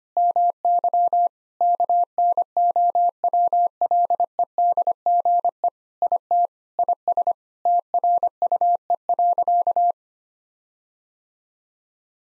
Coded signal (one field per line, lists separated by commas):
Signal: Morse code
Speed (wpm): 25 wpm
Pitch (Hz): 700 Hz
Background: none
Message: MY KNOWLEDGE IT IS TRUE.